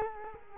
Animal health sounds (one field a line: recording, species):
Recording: mosquito wingbeat signal from an infrared sensor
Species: Culex quinquefasciatus